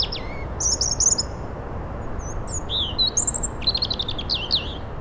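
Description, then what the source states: European robin song: thin, high warbled phrases with quick slurred notes and pauses between bursts, over a steady low background hiss. Female robin singing; females sing to assert territories as males do; her song was described as hard to tell apart from male song.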